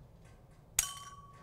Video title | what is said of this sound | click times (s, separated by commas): Chemistry - How to use a Micropipette | and if I push down on this orange button here we'll hear a click | 0.8 s